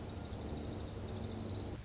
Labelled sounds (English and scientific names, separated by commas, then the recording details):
Orange-crowned Warbler (Leiothlypis celata)
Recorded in Sonoma County, California